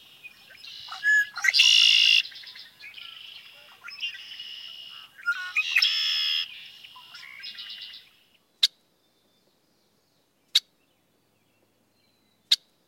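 Red-winged blackbird giving harsh, buzzy bursts and rattling notes for about eight seconds, followed by three brief, sharp clicks.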